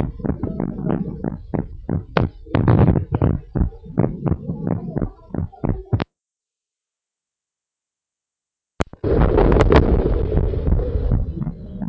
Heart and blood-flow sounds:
heart sounds of a pregnant woman by stethoscope
no fetal heartbeat
From the record:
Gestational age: 35 weeks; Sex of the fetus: boy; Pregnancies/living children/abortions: 2/1/0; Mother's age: 30 years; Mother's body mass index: 27.7

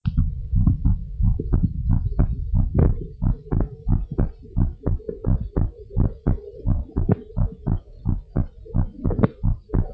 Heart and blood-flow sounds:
heart sounds of a pregnant woman by stethoscope
no fetal heartbeat
From the record:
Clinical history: hypothyroidism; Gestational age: 40 weeks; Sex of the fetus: girl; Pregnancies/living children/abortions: 1/0/0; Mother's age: 25 years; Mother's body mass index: 25.4

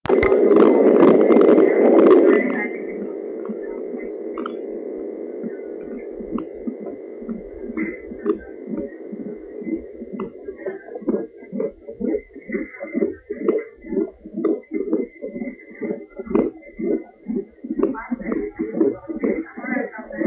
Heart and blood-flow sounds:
fetal heart sounds by stethoscope on the mother's abdomen
0.00-10.00 s: 127 bpm
10.00-20.00 s: 126 bpm
From the record:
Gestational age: 38 weeks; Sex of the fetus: girl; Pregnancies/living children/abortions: 2/0/1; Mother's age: 26 years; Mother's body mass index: 27.4

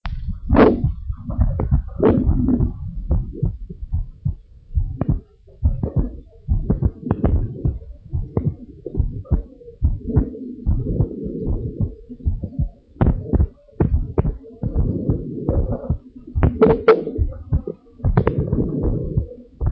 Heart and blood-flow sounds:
heart sounds of a pregnant woman by stethoscope
no fetal heartbeat
From the record:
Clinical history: preeclampsia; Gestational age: 36 weeks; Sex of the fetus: girl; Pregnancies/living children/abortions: 2/0/1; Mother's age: 33 years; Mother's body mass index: 37.5

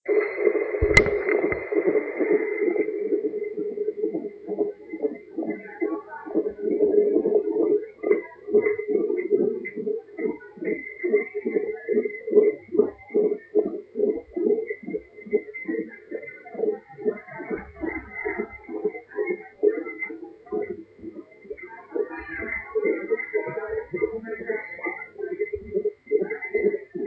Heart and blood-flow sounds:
fetal heart sounds by stethoscope on the mother's abdomen
0.00-10.00 s: 138 bpm
10.00-20.00 s: 136 bpm
20.00-27.07 s: 133 bpm
From the record:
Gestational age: 38 weeks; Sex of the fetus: boy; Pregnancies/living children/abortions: 2/0/1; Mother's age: 28 years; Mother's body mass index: 33.5

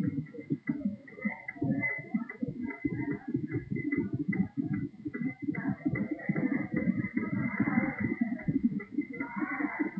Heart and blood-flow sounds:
fetal heart sounds by stethoscope on the mother's abdomen
0.00-10.00 s: 136 bpm
From the record:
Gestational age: 35 weeks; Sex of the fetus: girl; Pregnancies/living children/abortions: 2/0/1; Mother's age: 27 years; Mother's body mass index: 29.7

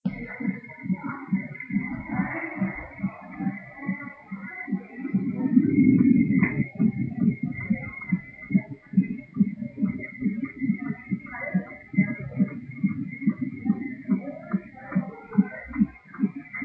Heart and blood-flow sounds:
fetal heart sounds by stethoscope on the mother's abdomen
0.00-10.00 s: 144 bpm
10.00-16.65 s: 138 bpm
From the record:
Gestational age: 32 weeks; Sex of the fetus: boy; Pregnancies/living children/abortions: 3/2/0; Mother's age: 41 years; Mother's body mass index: 28.1

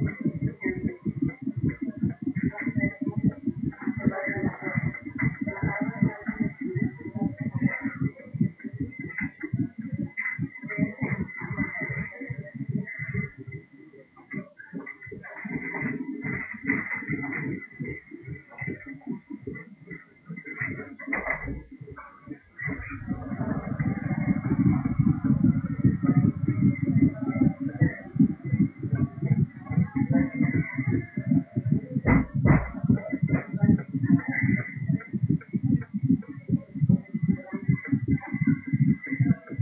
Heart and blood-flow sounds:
fetal heart sounds by stethoscope on the mother's abdomen
0.00-10.00 s: 150 bpm
10.00-20.00 s: 156 bpm
20.00-30.00 s: 153 bpm
30.00-39.62 s: 156 bpm
From the record:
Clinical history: monitored after previous abortions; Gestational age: 35 weeks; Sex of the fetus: girl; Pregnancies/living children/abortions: 4/1/2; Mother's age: 36 years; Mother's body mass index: 30.9

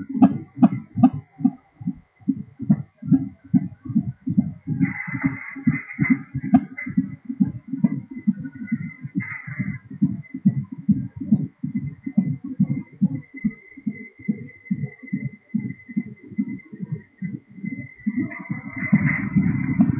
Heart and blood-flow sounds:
fetal heart sounds by stethoscope on the mother's abdomen
0.00-10.00 s: 142 bpm
10.00-20.00 s: 143 bpm
From the record:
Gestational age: 30 weeks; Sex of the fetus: boy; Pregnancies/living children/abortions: 2/1/0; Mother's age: 29 years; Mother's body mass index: 31.6

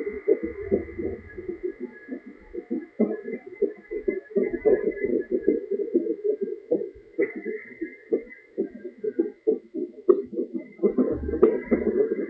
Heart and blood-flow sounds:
fetal heart sounds by stethoscope on the mother's abdomen
0.00-10.00 s: 132 bpm
From the record:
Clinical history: decreased amniotic fluid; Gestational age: 36 weeks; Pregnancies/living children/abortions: 4/1/2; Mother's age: 29 years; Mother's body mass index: 32.3

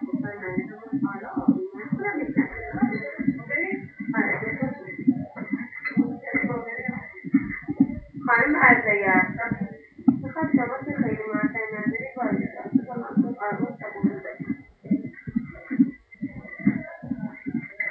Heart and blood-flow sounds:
fetal heart sounds by stethoscope on the mother's abdomen
0.00-10.00 s: 133 bpm
10.00-17.91 s: 132 bpm
From the record:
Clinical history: preeclampsia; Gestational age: 34 weeks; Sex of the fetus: boy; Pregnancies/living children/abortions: 1/0/0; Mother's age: 25 years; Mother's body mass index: 26.3

